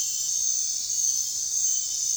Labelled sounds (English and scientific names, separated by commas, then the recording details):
none
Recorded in dense forest near Puerto Asís, Putumayo, Colombia, on 23 June 2025 at 23:00
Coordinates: 0.466, -76.327
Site GP04